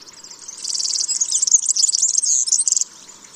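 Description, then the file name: European serin song: a continuous high, buzzy jingle of rapid notes lasting a few seconds. "Verzellino"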